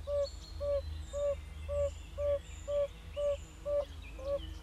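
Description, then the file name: Yellow-bellied toad calling: gentle, hollow single notes repeated about twice each second in a regular rhythm, with faint birdsong behind. "Gelbbauchunke"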